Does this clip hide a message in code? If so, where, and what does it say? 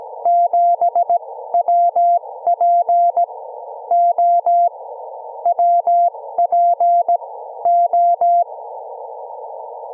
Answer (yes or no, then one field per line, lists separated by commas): yes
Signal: Morse code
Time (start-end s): 0.3-8.4 s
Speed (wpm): 16 wpm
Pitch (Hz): 690 Hz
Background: none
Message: 7WPO WPO